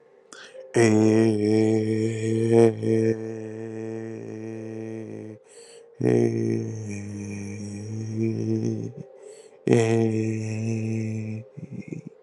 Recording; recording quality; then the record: sustained vowel as in made; excellent, no background noise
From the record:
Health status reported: healthy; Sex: male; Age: 25 years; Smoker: yes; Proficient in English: yes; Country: India